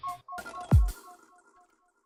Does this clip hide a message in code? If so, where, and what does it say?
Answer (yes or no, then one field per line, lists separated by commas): no